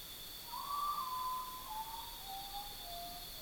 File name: Common Potoo